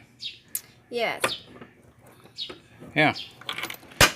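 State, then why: Seated. A plastic SEC side box is pushed back onto its side mounting bracket on an Avenger 220 motorcycle while someone talks. Several short, clicky plastic hits are heard, and the box snaps into place and latches at about 3.5 s, followed by a few more quick clicks.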